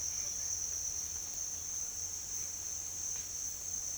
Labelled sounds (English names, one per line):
none